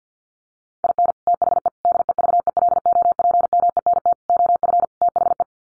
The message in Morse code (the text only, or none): IN THE DEVELOPMENT OF THE